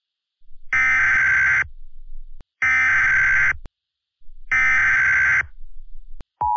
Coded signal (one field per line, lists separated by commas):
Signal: Emergency Alert System (SAME) tones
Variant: header bursts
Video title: EAS Scenario #5 2021